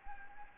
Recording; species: mosquito wingbeat signal from an infrared sensor; Anopheles gambiae